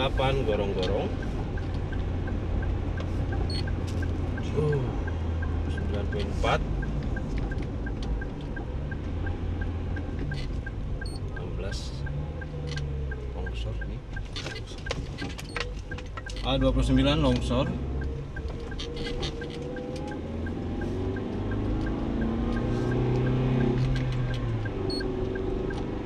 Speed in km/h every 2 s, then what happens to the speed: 52, 49, 43, 38, 35, 34, 34, 34, 34, 35, 36, 38, 40.
0-10 slows to 34. 10-26 steady at about 34.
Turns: none.